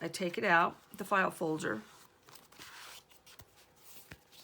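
Someone talks, then a paper page insert is handled while being taken out of a file-folder mini album held by a small magnet closure, with soft paper rustling and a few faint ticks near 2.3, 3.4 and 4.1 seconds. The page has not snapped back in yet, and nothing has seated or clicked by the end of the clip.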